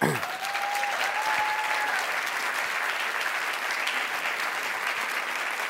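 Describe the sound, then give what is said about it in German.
Steady applause from an audience in Cologne, a dense wash of many hands clapping at an even loudness throughout, with a brief faint tone or whistle early on. “Köln ist super und ihr klatscht, obwohl die Geschichte in Düsseldorf spielt.”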